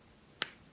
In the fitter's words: There you go. It clicks closed, and yeah, then you just swallow it with water, just